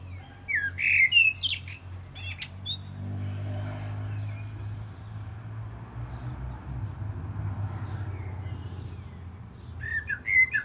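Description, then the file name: Common blackbird song: a short fluted warble near the start followed by high squeaky twitters, a long quiet gap, then another brief warble at the end, over a steady low hum. "Turdus merula"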